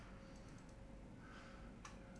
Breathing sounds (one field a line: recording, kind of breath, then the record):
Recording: one breath in and out by a microphone near the nose and mouth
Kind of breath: normal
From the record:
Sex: male